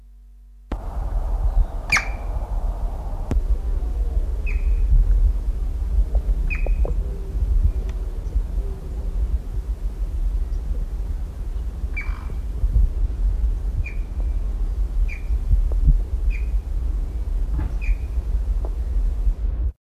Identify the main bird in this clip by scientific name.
Colaptes melanochloros